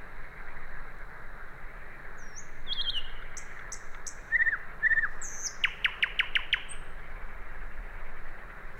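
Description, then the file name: Common nightingale song: thin whistles, slurred high notes, then a rapid series of sharp repeated clicks, over a steady low rumbling background. "Luscinia megarhynchos"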